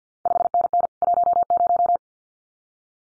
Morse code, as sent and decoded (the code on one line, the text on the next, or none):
..... -. -. / .---- -----
5NN 10